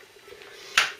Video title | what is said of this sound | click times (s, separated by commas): Ford Cortina MK3 Restoration - Project Ruby EP37 | See, that's locked in now. | 0.8 s